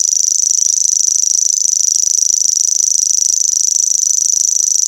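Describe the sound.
Grasshopper stridulating in a steady, high, rapidly pulsed buzz that runs unbroken and even in loudness throughout.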